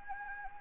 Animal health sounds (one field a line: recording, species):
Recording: mosquito wingbeat signal from an infrared sensor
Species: Anopheles gambiae